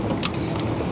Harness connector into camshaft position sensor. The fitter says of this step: This harness right here just snaps back in.